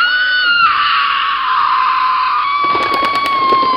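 A woman lets out a long, high, sustained scream that holds its pitch for several seconds, then breaks into shakier, ragged cries toward the end, loud and alone.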